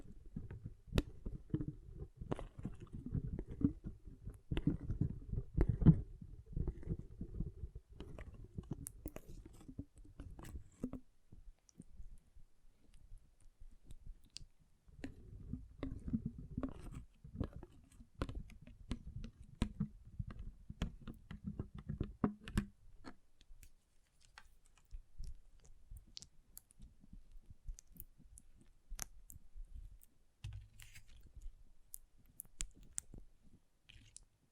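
Water beads squish and click in dense low bursts for the first ten seconds and again mid-clip, then thin to scattered light taps.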